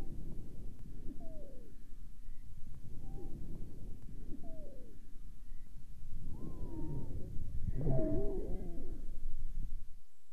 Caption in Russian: Сухие свистящие хрипы усиливаются во время резкого выдоха.